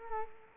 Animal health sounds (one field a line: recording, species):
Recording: mosquito wingbeat signal from an infrared sensor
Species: Culex quinquefasciatus